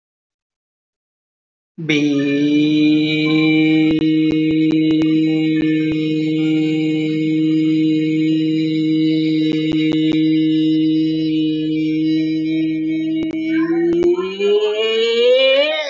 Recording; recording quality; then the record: sustained vowel as in beet; excellent, no background noise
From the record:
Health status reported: healthy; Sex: male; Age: 30 years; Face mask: not worn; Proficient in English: yes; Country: India